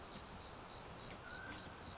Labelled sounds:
Mountain Quail
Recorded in Sonoma County, California

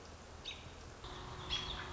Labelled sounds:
American Robin
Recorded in Sonoma County, California

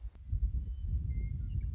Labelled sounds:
Western Meadowlark
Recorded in Sonoma County, California

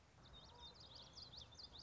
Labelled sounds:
Common Yellowthroat
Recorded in Sonoma County, California

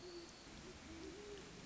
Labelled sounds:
Great Horned Owl
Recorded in Sonoma County, California

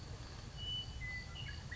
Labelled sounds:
Western Meadowlark
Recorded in Sonoma County, California

